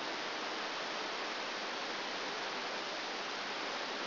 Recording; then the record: brain microelectrode recording played as sound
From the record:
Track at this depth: outside the subthalamic nucleus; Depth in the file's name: 0.006 mm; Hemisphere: left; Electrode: 2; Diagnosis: Parkinson's disease